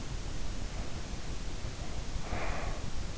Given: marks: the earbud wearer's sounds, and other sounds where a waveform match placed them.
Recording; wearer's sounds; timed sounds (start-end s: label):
sounds in sleep by an in-ear microphone; breath
0.29-3.11 s: breath